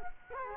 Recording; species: mosquito wingbeat signal from an infrared sensor; Culex quinquefasciatus